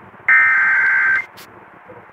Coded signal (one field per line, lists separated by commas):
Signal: Emergency Alert System (SAME) tones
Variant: header bursts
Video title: evi #19939494932 (EAS #807)